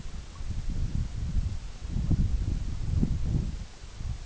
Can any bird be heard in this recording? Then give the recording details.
no. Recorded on Arctic tundra, site EABA-MC, on 21 June 2019. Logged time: 20:00